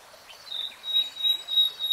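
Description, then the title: Nightingale song: a thin, high sustained whistle rising and falling in loudness in quick waves over a faint background. Nightingale singing in real time. "[Tiếng chim hót] REALTIME Nightingale Singing"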